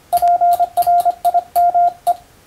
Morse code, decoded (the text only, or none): PRIME